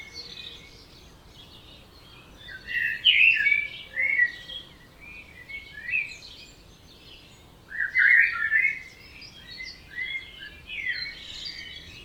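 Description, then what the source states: Birds in chorus, loud bursts of high twittering and warbled phrases every few seconds, quieter chirping between them. Dawn chorus at 4 am in Oberhofen, Inntal valley, Austria; binaural recording made for headphone listening.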